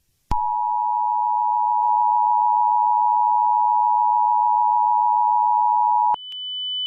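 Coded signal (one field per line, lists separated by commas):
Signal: Emergency Alert System (SAME) tones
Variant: 853 and 960 Hz attention tone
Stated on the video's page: Fictional EAS scenario.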